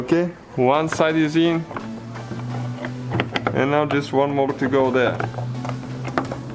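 Someone talks over background music while handling the plastic license plate lamp housing of a 2007–2012 Mazda CX-7, working its second clip toward the rear bumper opening after the first side is already in. A few short plastic taps and knocks are heard around 3.2–3.5 s and again near 6.2 s. Nothing has seated or clicked yet.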